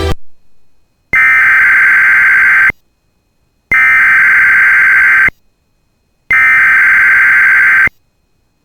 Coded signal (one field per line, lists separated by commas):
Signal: Emergency Alert System (SAME) tones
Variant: header bursts